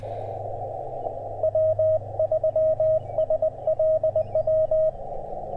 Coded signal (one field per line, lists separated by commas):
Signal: Morse code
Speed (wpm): 20 wpm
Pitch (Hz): 630 Hz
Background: radio noise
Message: W3SLW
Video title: Rolling with the punches: QRP CW POTA fun at US-3787 #qrp #cw #parksontheair #hamradio